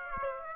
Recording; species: mosquito wingbeat signal from an infrared sensor; Aedes aegypti